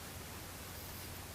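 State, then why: Not seated. A Motowolf Mirror motorcycle phone mount clamp is turned to tighten it onto a phone while waiting for the ratchet to click. Only steady, broadband hiss with a low hum is heard, with no sharp transients. Nothing has clicked or seated yet.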